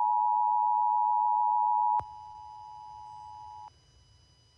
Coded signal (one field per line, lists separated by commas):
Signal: Emergency Alert System (SAME) tones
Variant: 853 and 960 Hz attention tone